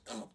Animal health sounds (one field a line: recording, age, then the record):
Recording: pig call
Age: piglet (1 to 25 days)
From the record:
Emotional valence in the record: negative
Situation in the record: restrain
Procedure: back test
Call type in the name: low-frequency call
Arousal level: maximum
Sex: male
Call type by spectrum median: low-frequency call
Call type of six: low-frequency stable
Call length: 0.35 s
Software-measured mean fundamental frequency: 51 Hz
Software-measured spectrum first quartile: 408 Hz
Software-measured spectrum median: 1302 Hz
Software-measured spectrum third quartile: 5502 Hz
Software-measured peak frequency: 218 Hz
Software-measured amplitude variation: 184 dB a second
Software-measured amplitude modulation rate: 15.9 a second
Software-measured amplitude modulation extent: 11.5 dB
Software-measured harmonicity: 2.6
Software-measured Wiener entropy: -2.65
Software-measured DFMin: 919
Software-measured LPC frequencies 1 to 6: 562, 2470, 3230, 3996, 6170, 7401 Hz